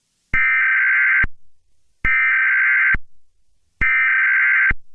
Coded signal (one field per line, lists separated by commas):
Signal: Emergency Alert System (SAME) tones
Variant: header bursts